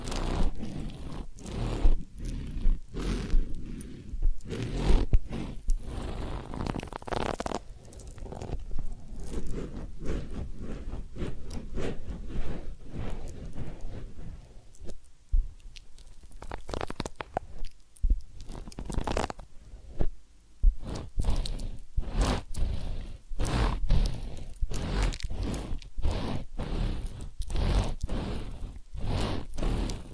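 Ear cleaning and massage sounds: a steady stream of crackling, scratchy rubs over a soft low rumble. The rubbing thins out to sparse ticks and pops around the middle, then returns as quick, regular bursts of crinkly scraping through the final ten seconds.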